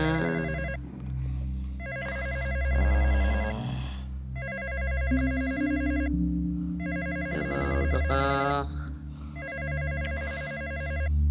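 A telephone rings in repeated bursts, about five trills in a steady on-off rhythm, bright and buzzy, over a low, continuous droning hum with no one speaking.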